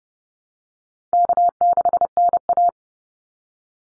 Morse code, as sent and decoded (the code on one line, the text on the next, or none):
-.- -.... -. .-
K6NA